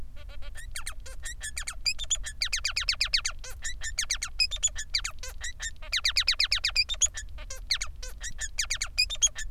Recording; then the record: song of a male Bengalese finch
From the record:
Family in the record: son of father 3